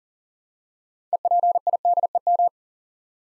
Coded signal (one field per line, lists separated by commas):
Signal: Morse code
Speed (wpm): 42 wpm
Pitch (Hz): 700 Hz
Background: none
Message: EPIDEM